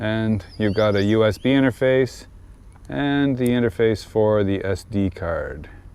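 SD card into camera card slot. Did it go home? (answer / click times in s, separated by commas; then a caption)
no / none. An SD card is handled at the card slot inside the waterproof receptacle on the bottom of a drone camera, next to a USB interface, while someone talks throughout. No distinct click is heard, and the card has not yet locked into place when the clip ends.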